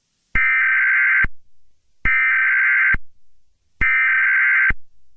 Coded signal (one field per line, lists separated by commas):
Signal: Emergency Alert System (SAME) tones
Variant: header bursts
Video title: EAS Scenario #26: Mickey Error 1 The Final Chapter